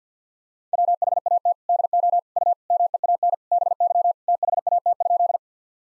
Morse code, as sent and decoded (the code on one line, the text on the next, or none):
.-- .... .- - / -.. --- / ..- / -- . .- -. / -... -.-- / - .... .- - ..--..
WHAT DO U MEAN BY THAT?